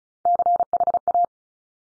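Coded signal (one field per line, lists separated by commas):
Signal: Morse code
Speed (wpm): 36 wpm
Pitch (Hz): 700 Hz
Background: none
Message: CHA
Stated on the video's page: Morse drill of top three-letter combinations at 35 wpm, each sent, spoken, then sent again for head copy.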